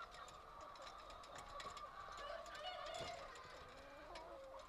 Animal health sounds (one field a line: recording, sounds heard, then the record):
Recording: poultry house recording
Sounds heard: healthy chickens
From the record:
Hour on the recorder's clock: 23